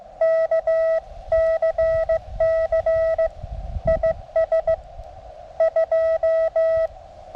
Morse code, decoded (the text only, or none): KCC IS 2